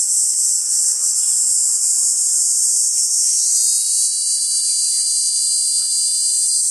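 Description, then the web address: Kaempfer cicada droning in a steady, piercing high buzz, with a second ringing, layered tone entering about halfway through and continuing to the end. "ニイニイゼミ. arpla 自然音研究室"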